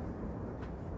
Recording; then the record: background sound without coughing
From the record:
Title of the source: Train Ride Ambience ambient white noise for sleeping, focus, studying, reading